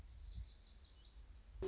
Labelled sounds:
Lazuli Bunting
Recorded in Sonoma County, California

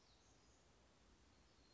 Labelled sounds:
Black-throated Gray Warbler
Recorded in Sonoma County, California

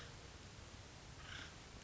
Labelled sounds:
Acorn Woodpecker
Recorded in Sonoma County, California

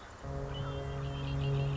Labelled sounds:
Red-winged Blackbird
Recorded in Sonoma County, California

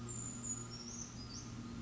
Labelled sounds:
Brown Creeper
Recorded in Sonoma County, California

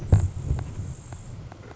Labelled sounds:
Grasshopper Sparrow
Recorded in Sonoma County, California

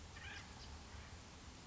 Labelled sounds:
Acorn Woodpecker
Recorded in Sonoma County, California

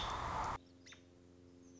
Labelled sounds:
American Robin
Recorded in Sonoma County, California

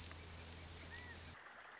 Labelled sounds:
Orange-crowned Warbler
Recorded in Sonoma County, California

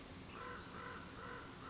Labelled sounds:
American Crow
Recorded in Sonoma County, California

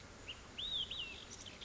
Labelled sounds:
Olive-sided Flycatcher
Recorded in Sonoma County, California

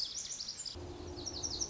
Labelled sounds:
Lazuli Bunting
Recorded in Sonoma County, California

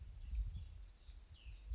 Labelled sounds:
Cassin's Vireo
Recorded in Sonoma County, California

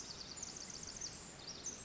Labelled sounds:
Pacific Wren
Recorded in Sonoma County, California

